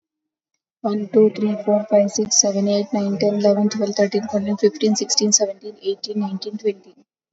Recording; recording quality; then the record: counting at a normal pace; excellent, no background noise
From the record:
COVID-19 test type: RT-PCR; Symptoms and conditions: cough, cold, fever, loss of smell and taste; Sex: female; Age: 51 years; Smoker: no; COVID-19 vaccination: both doses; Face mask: worn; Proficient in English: yes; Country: India